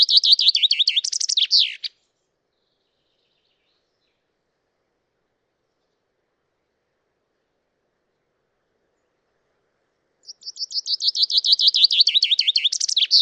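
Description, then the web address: Common chaffinch song in two bouts separated by a long silence, each a rapid trill of repeated high notes. "Deverinetal 2025 File origin Bird Only Fr Co"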